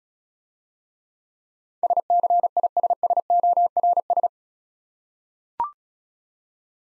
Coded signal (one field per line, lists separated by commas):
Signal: Morse code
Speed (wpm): 35 wpm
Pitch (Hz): 700 Hz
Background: none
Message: SCISSORS